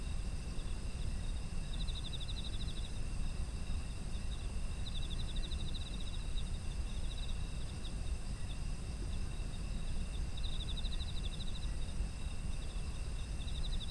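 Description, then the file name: Insects: rhythmic bursts of rapid insect chirping recur several times over unbroken high insect drones and low-frequency background noise. Autumn insect ambience. "秋の虫の環境音"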